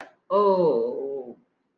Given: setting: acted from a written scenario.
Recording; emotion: vocal sound without words; sadness